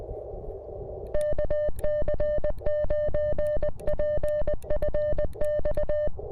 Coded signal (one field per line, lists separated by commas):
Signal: Morse code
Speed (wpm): 20 wpm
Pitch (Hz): 1800 Hz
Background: none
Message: KC9PFX